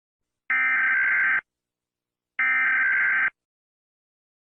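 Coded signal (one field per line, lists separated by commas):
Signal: Emergency Alert System (SAME) tones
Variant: header bursts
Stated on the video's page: Fictional EAS scenario, not a real alert; made for entertainment.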